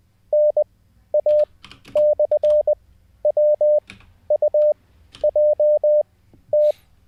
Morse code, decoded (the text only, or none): NA/WUJT